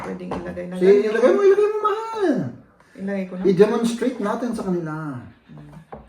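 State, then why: Not seated. A plastic divider piece is handled and brought toward a storage organizer while people talk. The clip ends before the divider is pushed in, and nothing has seated or clicked yet.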